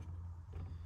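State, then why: Not seated. A plastic rear door trim panel is being refitted onto a JZX90's car door during a rear door speaker replacement, with the bottom set down first before the top is pushed so its clips snap into the door. A steady low rumble and faint broadband hiss continue throughout, with a slight swell of handling noise around 0.5–0.6 s. Nothing has seated or clicked yet.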